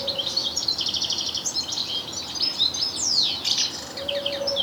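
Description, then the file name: European goldfinch twittering, fast chattering run of high chirps and downward-slurred notes, a low steady tone at the start and end. "Carduelis carduelis"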